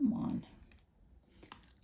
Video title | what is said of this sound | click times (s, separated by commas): SHOP MY STASH 13NOV2021 Fancy Holiday Edition 😊- Everyday makeup ft. PML, Tom Ford, Too Faced, etc. | oh yeah the locking part does not click in place come on | none